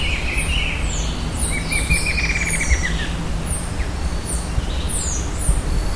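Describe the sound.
Bird calls: a rolling whistle near the middle, with short high chirps repeating throughout over steady low rumbling noise.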